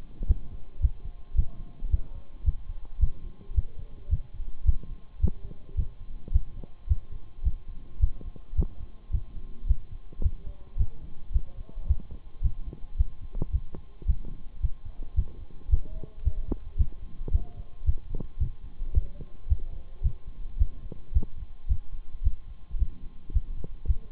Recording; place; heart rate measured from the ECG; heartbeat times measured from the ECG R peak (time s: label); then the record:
heart sounds by stethoscope; between the tricuspid and mitral areas; 109 bpm
0.28 s: heartbeat
0.82 s: heartbeat
1.37 s: heartbeat
1.92 s: heartbeat
2.46 s: heartbeat
3.01 s: heartbeat
3.56 s: heartbeat
4.11 s: heartbeat
4.67 s: heartbeat
5.22 s: heartbeat
5.77 s: heartbeat
6.33 s: heartbeat
6.89 s: heartbeat
7.45 s: heartbeat
8.01 s: heartbeat
8.57 s: heartbeat
9.13 s: heartbeat
9.68 s: heartbeat
10.23 s: heartbeat
10.78 s: heartbeat
11.33 s: heartbeat
11.88 s: heartbeat
12.43 s: heartbeat
12.98 s: heartbeat
13.53 s: heartbeat
14.08 s: heartbeat
14.62 s: heartbeat
15.16 s: heartbeat
15.71 s: heartbeat
16.24 s: heartbeat
16.79 s: heartbeat
17.33 s: heartbeat
17.86 s: heartbeat
18.40 s: heartbeat
18.95 s: heartbeat
19.49 s: heartbeat
20.04 s: heartbeat
20.59 s: heartbeat
21.14 s: heartbeat
21.69 s: heartbeat
22.24 s: heartbeat
22.79 s: heartbeat
23.34 s: heartbeat
23.87 s: heartbeat
From the record:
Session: Bruce protocol treadmill stress test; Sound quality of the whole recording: partially saturated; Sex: male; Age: 23 years